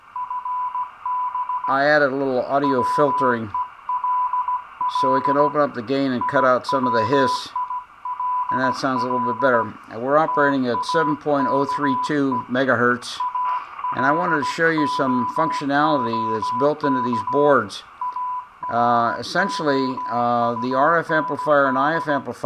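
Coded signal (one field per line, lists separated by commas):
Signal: Morse code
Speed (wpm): 16 wpm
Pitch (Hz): 1000 Hz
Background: speech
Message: FB WELL I WILL TAKE A LOOK AROUND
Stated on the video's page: Received on a home-built superheterodyne receiver with manual gain control on the RF and two IF stages and refined audio processing.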